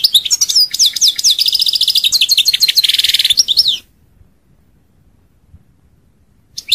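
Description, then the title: European goldfinch song: a fast, tinkling run of twittering, buzzy notes for nearly four seconds, then silence before a new phrase starts. "Chant Chardonneret"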